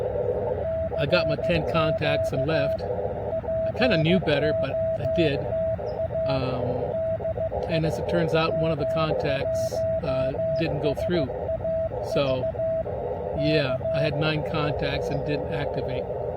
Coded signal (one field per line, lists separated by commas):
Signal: Morse code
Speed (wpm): 15 wpm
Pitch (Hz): 650 Hz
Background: speech, radio noise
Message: CQ POTA DE W1SAV K